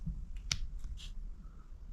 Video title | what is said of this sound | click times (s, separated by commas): Review: Harbor Freight 32pc ScrewDriver Set with Tweezers! By Pittsburgh tools | snaps right in place | 0.5 s